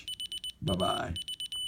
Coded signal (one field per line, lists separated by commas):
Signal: Morse code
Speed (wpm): 20 wpm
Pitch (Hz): 3000 Hz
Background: speech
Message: HAV